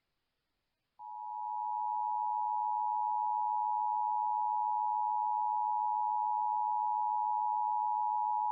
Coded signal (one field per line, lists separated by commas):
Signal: Emergency Alert System (SAME) tones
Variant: 853 and 960 Hz attention tone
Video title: EAS Required Monthly Test Sheboygan, Wisconsin/Lake Michigan NOAA Weather Radio